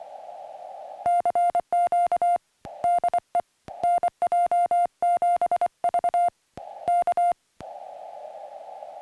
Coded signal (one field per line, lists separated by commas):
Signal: Morse code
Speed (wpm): 24 wpm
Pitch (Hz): 700 Hz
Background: music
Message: CQ DE NJ7V K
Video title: Summits on the Air 2M SSB and CW Contacts on the PackTenna TrekMount